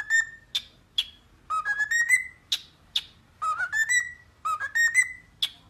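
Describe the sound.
Cockatiel whistling: clear whistled notes, several rising step by step in short phrases, mixed with brief sharp chirps.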